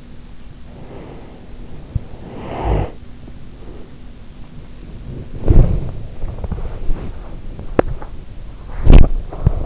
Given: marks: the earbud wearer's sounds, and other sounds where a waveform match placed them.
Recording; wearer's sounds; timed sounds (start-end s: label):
sounds in sleep by an in-ear microphone; breath, snoring breath, body movement, teeth grinding
0.62-1.62 s: breath
2.14-3.97 s: snoring breath
4.78-9.66 s: body movement
7.51-8.09 s: teeth grinding